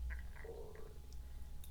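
An adult's stomach rumbling (borborygmi), gurgling tones heard by chance during another recording.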